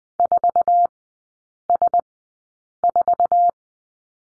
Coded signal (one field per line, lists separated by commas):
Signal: Morse code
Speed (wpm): 20 wpm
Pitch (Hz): 700 Hz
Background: none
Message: 4S4